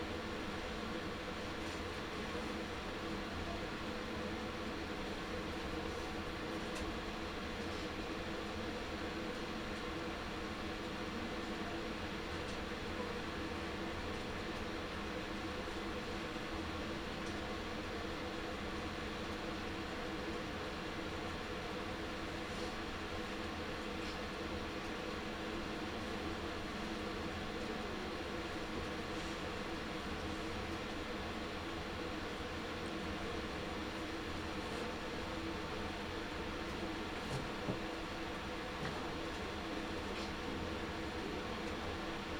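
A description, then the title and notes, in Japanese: A Meitetsu Toyokawa Line limited express runs from Toyokawa-inari toward Kō, its steady, dense rumble unchanging throughout. Low droning tones sit under a constant rushing hiss, with faint clicks and knocks from the rails every few seconds. 名古屋鉄道 豊川線 特急 豊川稲荷→国府。朝２本だけ走っている特急列車に乗ってみました。とはいえ各駅に停まって国府まで進むのでゆっくりです。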